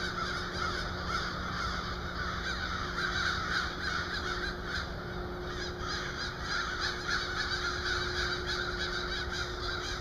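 Crows cawing repeatedly and irregularly, harsh calls over a steady hum and background noise.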